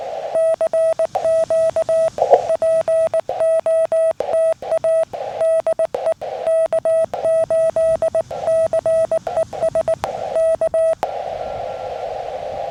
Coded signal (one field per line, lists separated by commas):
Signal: Morse code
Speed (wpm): 19 wpm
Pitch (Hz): 650 Hz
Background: none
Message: CQ POTA DE K8CES K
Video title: Picnic Tables Hibernate Too! Taking the FT-817 For Another CW POTA Activation